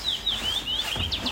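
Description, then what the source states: Common Rosefinch song: a clear whistled phrase of slurred rising and falling notes ending in two quick upslurs, over soft background noise. Heard during a 24-hour bird count at Glommers träsk; the first species of the shift; the song is rendered as 'please to meet you'.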